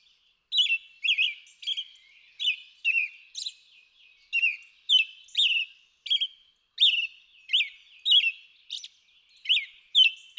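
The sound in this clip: American robin singing, a string of short caroling phrases with high squeaky notes mixed in.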